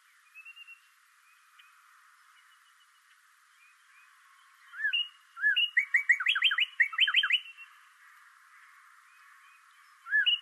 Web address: sounds birds 2012 03 26 bird 01